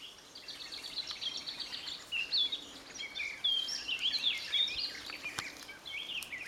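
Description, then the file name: Eurasian blackcap song: a soft rapid twitter leading into loud clear whistled notes in the middle, easing back to quieter chatter. "Sylvia atricapilla"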